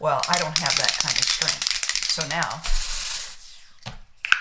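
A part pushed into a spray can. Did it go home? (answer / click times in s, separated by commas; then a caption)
yes / 4.2 s, 4.3 s. Someone talks while a part on a spray can is pushed in hard until it clicks into place. A sharp double click sounds at 4.2 and 4.3 seconds, and the part is seated so the can works.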